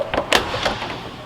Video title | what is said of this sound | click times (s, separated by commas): Technical Rescue Help Ops Annual Refresher | But if you pull it all the way back to hear it click, you can no longer push the door forward. And now it's locked. | 0.4 s